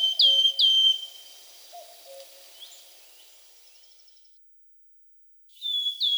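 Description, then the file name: Wood Warbler giving two clear, sweet descending piping notes, followed by a quiet pause and one more piping note; faint low calls in the background. "Penochka treshhotka"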